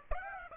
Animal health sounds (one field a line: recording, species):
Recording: mosquito wingbeat signal from an infrared sensor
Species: Aedes aegypti